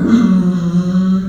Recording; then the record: squeal of a Yucatan mini pig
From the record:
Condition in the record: after surgery on the right vocal fold (resection and tissue-engineered implant); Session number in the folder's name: 6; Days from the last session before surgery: 40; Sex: female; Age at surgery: 19 weeks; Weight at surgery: 25 kg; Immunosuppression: prednisolone